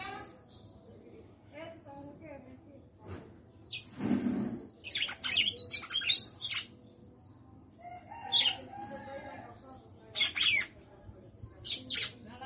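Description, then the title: Red-cowled cardinal song, clusters of quick chirping and whistled notes in several bursts, with a brief low rustle early on and a constant low hum. Female singing a lot. "Canto Galo Campina Fêmea. Fêmea de Galo de campina cantando muito"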